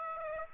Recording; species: mosquito wingbeat signal from an infrared sensor; Aedes aegypti